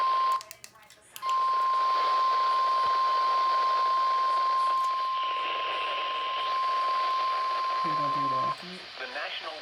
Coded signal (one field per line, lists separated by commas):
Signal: Emergency Alert System (SAME) tones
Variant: 1050 Hz attention tone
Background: speech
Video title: (EAS #223-251) Enhanced Risk Mayhem (Severe Weather Alerts from 3/18/2021)